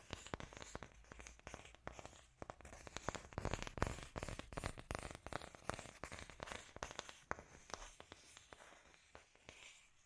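Scratchy tapping runs without pause, a dense stream of dry, sharp clicks and scrapes arriving several times a second at an uneven pace. The hits are bright and crackly, slightly louder around the middle, with a faint low rumble underneath.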